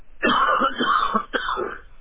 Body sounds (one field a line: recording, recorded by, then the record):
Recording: voluntary cough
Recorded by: telephone call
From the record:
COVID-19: positive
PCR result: checked with the laboratory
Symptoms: yes